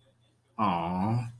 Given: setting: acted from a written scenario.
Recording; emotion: vocal sound without words; adoration